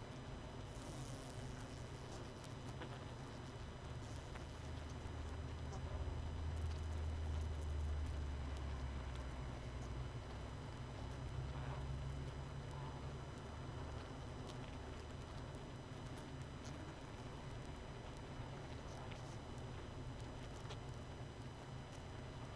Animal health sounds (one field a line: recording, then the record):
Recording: honeybee colony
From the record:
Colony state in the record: missing queen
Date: 31 May 2018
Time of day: 22:37